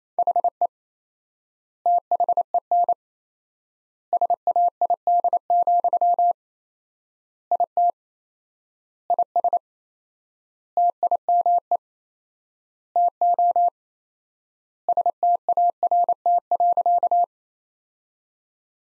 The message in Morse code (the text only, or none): HE THEN SAID, IT IS TIME TO START.